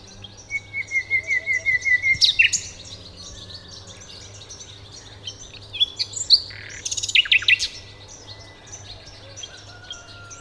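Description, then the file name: Common nightingale song opening with a series of repeated whistled notes, then varied buzzy and clicking phrases; low background hum throughout. "Luscinia megarhynchos"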